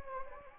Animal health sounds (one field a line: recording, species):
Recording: mosquito wingbeat signal from an infrared sensor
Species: Anopheles gambiae